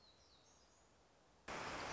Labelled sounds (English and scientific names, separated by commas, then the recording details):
Black-throated Gray Warbler (Setophaga nigrescens)
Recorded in Sonoma County, California